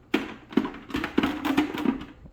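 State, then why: Not seated. The magnetic plastic top dome piece is pressed repeatedly onto the shell of a 2022 Star Wars Black Series Vader electronic costume helmet. Short hollow taps and knocks sound at about 0.1, 0.6, 1.0 and 1.2 s, with a low ringing tone and scraping between them. The piece does not fit, and nothing has seated or clicked yet.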